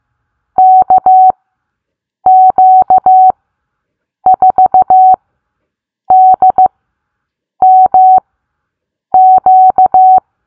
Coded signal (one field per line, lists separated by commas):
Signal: Morse code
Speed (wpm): 15 wpm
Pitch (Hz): 750 Hz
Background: none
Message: KQ4DMQ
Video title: Learn Morse Code Bingo Style! What Callsign Did You Get is now a game! Let’s Play!